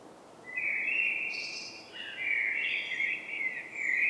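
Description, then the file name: Eurasian blackbird song: a low fluty warbled phrase, a brief high squeaky flourish, then a second mellow phrase. "Turdus merula"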